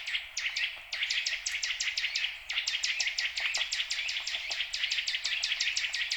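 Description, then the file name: Eurasian nuthatch giving fast series of sharp piping notes in bursts separated by brief pauses. "Sitta europaea"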